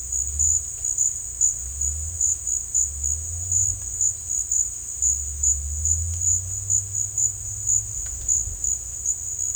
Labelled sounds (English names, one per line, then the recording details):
none
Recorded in dense forest near Puerto Asís, Putumayo, Colombia, on 18 December 2024 at 13:00
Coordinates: 0.486, -76.317
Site G003